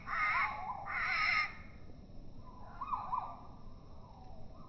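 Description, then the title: Great tit begging: two loud, rough, wavering cries in quick succession, followed by quieter soft chirps. Juvenile, slowed down four times; begging for food with trembling wings while perched on the backrest of a deck chair; able to feed itself but prefers being fed; offered soaked dried mealworms. "Junge Kohlmeise bettelt melodramatisch"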